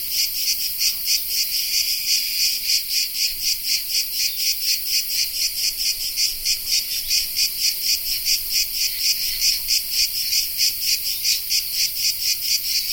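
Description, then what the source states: Cicada song: a continuous shrill buzz throbbing in quick regular pulses, several per second, with nothing else standing out. Cicada of the genus Tettigia recorded in the Peloponnese in the morning.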